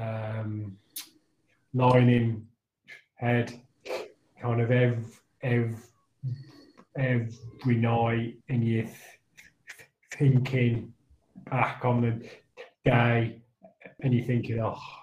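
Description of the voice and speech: An adult man speaks haltingly with repeated words and part-words ("every, every, ev... ev"), a stretched opening sound, and silent gaps near a second long. This is stuttering (stammering), with repetitions, prolongations and blocks breaking the flow of speech.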